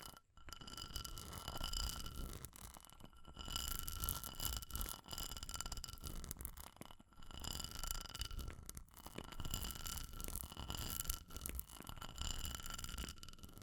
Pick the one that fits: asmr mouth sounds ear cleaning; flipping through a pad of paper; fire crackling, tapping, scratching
fire crackling, tapping, scratching